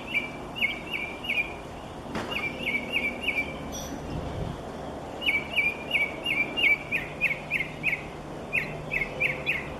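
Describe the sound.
Mockingbird singing rapid bursts of repeated chirpy notes, one phrase type after another, with a sharp knock and a low thud partway through.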